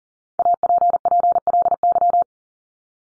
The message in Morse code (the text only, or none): APPLY